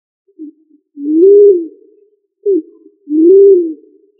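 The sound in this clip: Pigeon cooing: a short low note, then a longer, smooth coo that rises and falls, given twice about two seconds apart in quiet surroundings.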